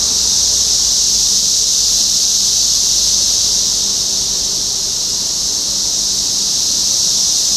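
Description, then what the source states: Cicadas droning together in a constant high buzz, slightly swelling and easing, with a soft low hum underneath. Topeka, Kansas, 14 June 2015.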